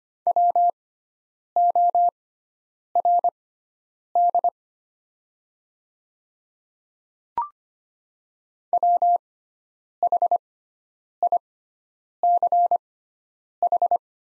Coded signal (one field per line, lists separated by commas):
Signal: Morse code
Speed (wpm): 25 wpm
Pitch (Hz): 700 Hz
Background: none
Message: WORD WHICH